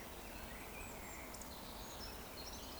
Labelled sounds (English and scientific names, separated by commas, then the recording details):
Eurasian Woodcock (Scolopax rusticola) whistle
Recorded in Baden-Württemberg, Germany, on 15 June 2020 at 20:01 UTC
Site 14569, 102 m above sea level